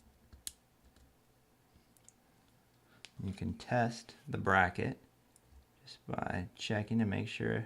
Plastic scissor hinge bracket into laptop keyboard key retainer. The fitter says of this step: And then snap the top part in.